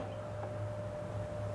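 A rear turn signal bulb socket on a Colorado or Canyon is held in the tail light housing at about the 11 o'clock position, lined up before being twisted to lock. Only a steady low hum with a faint high tone and quiet handling noise is heard. Nothing has clicked or locked yet.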